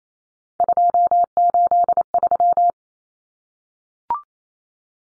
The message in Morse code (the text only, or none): 283